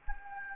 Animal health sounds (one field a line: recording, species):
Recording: mosquito wingbeat signal from an infrared sensor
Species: Anopheles gambiae